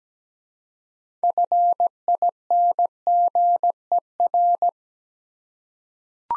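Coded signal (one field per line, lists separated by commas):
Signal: Morse code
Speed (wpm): 17 wpm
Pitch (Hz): 700 Hz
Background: none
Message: FINGER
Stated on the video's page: Morse practice sending six-letter words at 17wpm for head-copy drill, each word sent twice.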